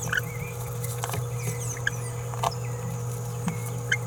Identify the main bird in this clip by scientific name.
Forpus passerinus